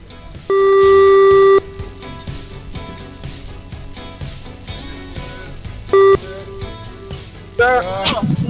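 A steady, buzzy telephone line tone, heard while a phone is being patched into a computer to test how the audio comes out, sounds loudly for about a second, then returns in a short burst several seconds later, over faint background talk, before a voice comes on at the end.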